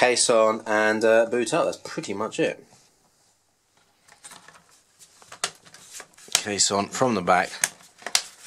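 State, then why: Seated. Someone talks while pressing the plastic bottom case of an Acer C720 Chromebook back onto the laptop chassis from the back edge, after an SSD upgrade with a MyDigitalSSD 128GB. Soft handling clatter follows, then the case snaps into place with a sharp click at 8.2 seconds, and it is seated.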